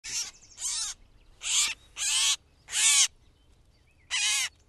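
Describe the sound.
Gray catbird calls, harsh nasal mewing notes, six of them in irregular spacing, each a short raspy slur, with quiet pauses between.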